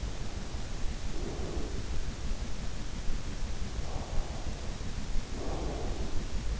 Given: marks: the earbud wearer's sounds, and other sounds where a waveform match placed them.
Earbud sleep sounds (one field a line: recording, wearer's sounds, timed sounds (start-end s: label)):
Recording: sounds in sleep by an in-ear microphone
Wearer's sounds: breath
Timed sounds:
0.36-2.56 s: breath
3.69-6.60 s: breath